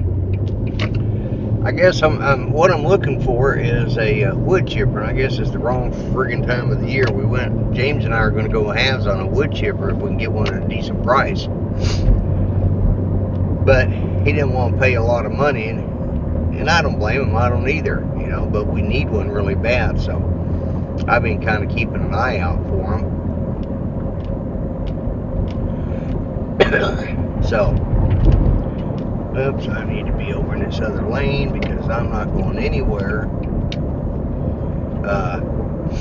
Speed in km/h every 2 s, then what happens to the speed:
40, 47, 53, 56, 60, 61, 63, 63, 63, 63, 64, 63, 61, 61, 60, 60, 60, 61.
0-11 speeds up to 63. 11-36 steady at about 61.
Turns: none.